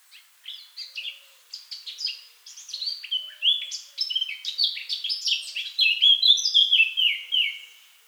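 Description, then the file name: Eurasian blackcap song opening with soft, hesitant chattering notes, then building into a loud, mellow run of fluted whistles. "Sylvia atricapilla"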